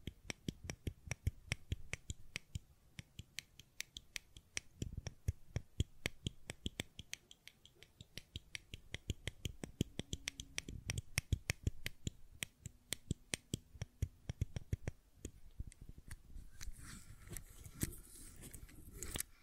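Fidget cube clicking and tapping, a quick, irregular stream of sharp, bright clicks that comes in bursts and short runs throughout. A low thumping rumble sits underneath, and near the end the clicks grow denser, with a brief higher scratchy texture.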